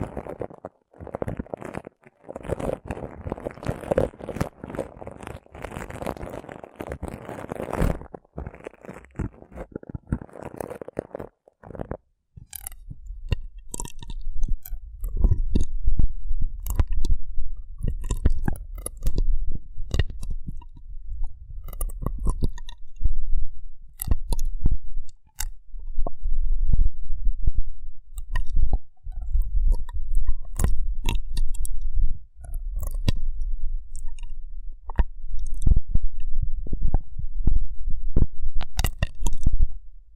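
Rough brain cleaning and picking: for the first twelve seconds a dense, wet squelching and rubbing fills the mids, then gives way to sparse, sharp clicks and crunchy picks over a steady low rumble. The picking continues in irregular bursts through the end.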